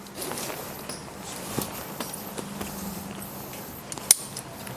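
A folding pole joint on the frame of a Naturehike Village 5.0 Ti Black camping tent is raised until it snaps into its locked position in the hub. Soft rustling and light handling noises lead up to a few small ticks around 3.9 s, then a sharp, loud click at 4.1 s as the joint seats and locks.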